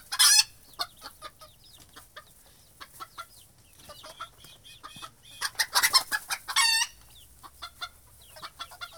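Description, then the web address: Chicken clucks scattered through, with loud raspy squawks at the start and a cluster of harsh cackling near the middle. Chickens recorded in a henhouse. "KMP Film Video Sound Effects. Kip - Kippenhok"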